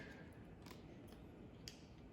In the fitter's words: just pops right into place